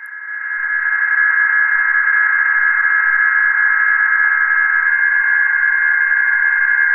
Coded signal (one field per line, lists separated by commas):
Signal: PSK31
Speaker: very close and still maintain a communication so